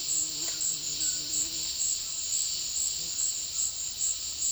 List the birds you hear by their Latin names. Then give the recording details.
none. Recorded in dense forest near Puerto Asís, Putumayo, Colombia, on 19 February 2024 at 13:30. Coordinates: 0.496, -76.326. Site G6383